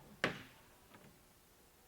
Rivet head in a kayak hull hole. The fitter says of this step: is push down to bend the rivet head up and you're going to want to work it around until you hear it pop